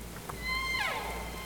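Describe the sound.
Whale call, a brief tonal cry with stacked harmonics that holds level, then sweeps steeply downward, over a steady low rumble.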